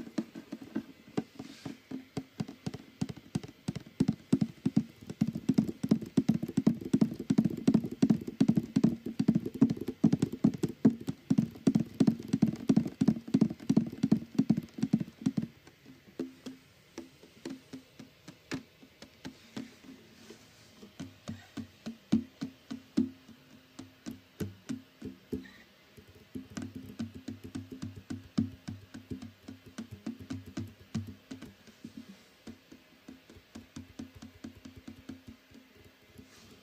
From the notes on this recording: fast tapping and stringing his guitar